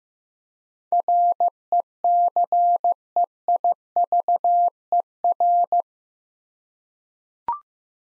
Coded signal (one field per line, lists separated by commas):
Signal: Morse code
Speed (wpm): 15 wpm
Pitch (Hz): 700 Hz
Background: none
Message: RECEIVER